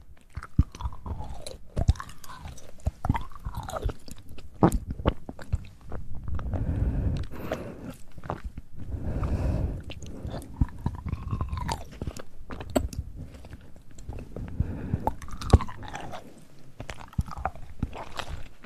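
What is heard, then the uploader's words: Tingly mouth sounds: wet clicks and crunchy chewing bursts come every second or so, with soft rising-falling whooshes and a low rumble beneath. ASMR Tingly Mouth Sounds.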